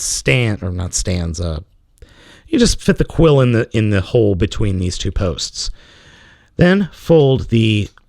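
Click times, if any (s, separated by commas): none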